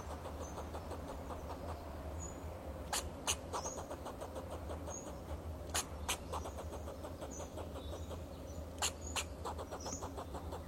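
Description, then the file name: Fox squirrel chattering: quick, dry pulsed notes repeated in clusters throughout, several louder sharp snaps, faint high chirps and a constant low background hum. "Sound of a Fox Squirrel"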